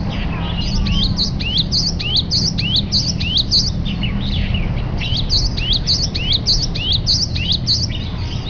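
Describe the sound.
Great tit calling: a busy series of high, sharply falling notes, often in quick clusters, over a steady low rumbling background noise.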